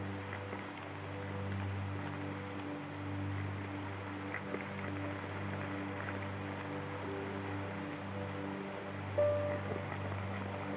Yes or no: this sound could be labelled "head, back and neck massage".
no